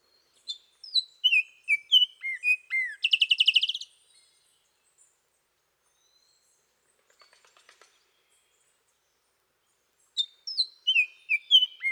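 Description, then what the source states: Bird song of varied whistled notes, many sharply down-slurred, plus a rapid buzzy trill near the start, a pause, then whistled notes resume near the end. Costa Rican cloud forest; song and call.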